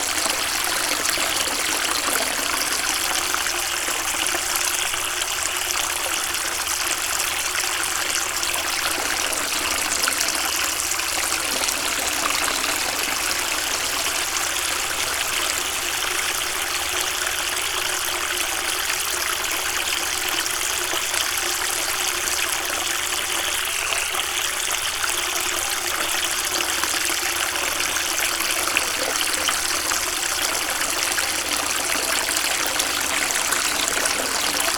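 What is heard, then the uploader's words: Calm flowing water runs steadily throughout, a dense, even rush with a bright, hissing quality and a softer low murmur underneath. The level barely changes, with no distinct splashes or pauses. Calm Flowing Water.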